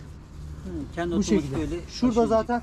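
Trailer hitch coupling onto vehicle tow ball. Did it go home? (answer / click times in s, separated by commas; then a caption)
no / none. A caravan's tow hitch coupling is handled as it is lowered onto a car's tow ball, while someone talks throughout the 2.7-second clip. Nothing has clicked or seated yet: the coupling has not snapped onto the ball, and its handle has not gone down.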